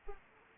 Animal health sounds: mosquito wingbeat signal from an infrared sensor; Anopheles arabiensis

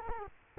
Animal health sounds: mosquito wingbeat signal from an infrared sensor; Culex quinquefasciatus

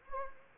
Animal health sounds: mosquito wingbeat signal from an infrared sensor; Anopheles gambiae

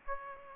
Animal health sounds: mosquito wingbeat signal from an infrared sensor; Aedes aegypti

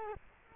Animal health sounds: mosquito wingbeat signal from an infrared sensor; Culex quinquefasciatus

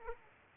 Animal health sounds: mosquito wingbeat signal from an infrared sensor; Aedes aegypti

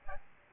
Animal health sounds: mosquito wingbeat signal from an infrared sensor; Aedes albopictus

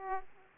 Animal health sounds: mosquito wingbeat signal from an infrared sensor; Aedes aegypti

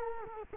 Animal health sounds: mosquito wingbeat signal from an infrared sensor; Culex quinquefasciatus

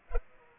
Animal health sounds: mosquito wingbeat signal from an infrared sensor; Culex pipiens

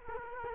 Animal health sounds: mosquito wingbeat signal from an infrared sensor; Culex quinquefasciatus

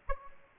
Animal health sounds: mosquito wingbeat signal from an infrared sensor; Aedes aegypti

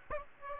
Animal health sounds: mosquito wingbeat signal from an infrared sensor; Aedes aegypti

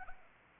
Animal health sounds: mosquito wingbeat signal from an infrared sensor; Anopheles gambiae

